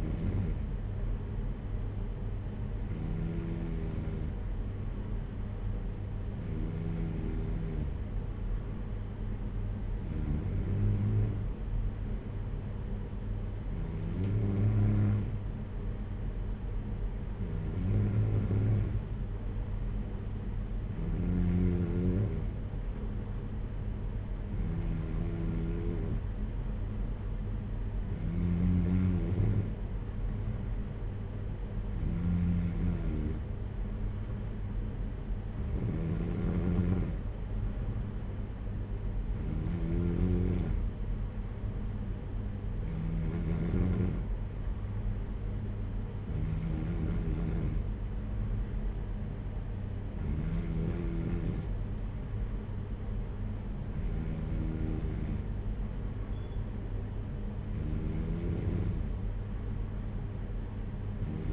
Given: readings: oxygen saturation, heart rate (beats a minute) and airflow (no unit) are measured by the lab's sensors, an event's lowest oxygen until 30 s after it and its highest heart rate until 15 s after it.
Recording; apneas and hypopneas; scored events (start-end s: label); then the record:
breathing in sleep by a smartphone at the bedside; none
none scored
From the record:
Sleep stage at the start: N3 (deep sleep); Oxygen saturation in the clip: 93 to 94%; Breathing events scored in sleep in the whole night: 226 in 8.8 hours asleep